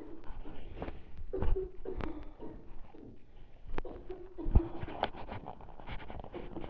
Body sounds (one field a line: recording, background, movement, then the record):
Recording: deep breathing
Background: a bystander coughing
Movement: walking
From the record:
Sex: male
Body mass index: 23.7 kg/m2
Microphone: on the chest, facing the body